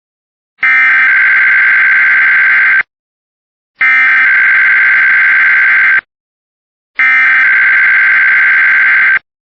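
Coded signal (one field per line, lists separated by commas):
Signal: Emergency Alert System (SAME) tones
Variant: header bursts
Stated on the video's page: Real required weekly EAS tests.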